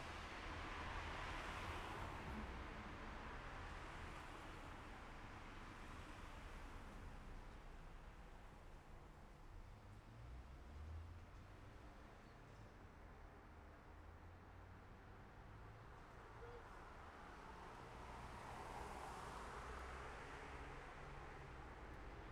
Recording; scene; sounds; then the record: everyday scene through a hearing-aid microphone; in traffic; traffic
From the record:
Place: city secondary road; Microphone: behind the ear, left, front